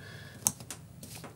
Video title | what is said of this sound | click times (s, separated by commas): 🛠 How To Crimp Sensors The Right Way - TECHNICALLY SPEAKING | click that's how you know you've got it done right because that tab falls down that pin holds | 0.5 s